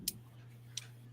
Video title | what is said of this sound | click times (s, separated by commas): Michigan Bros Grow Show Episode 270 | um it's got that little click there | 0.1 s, 0.8 s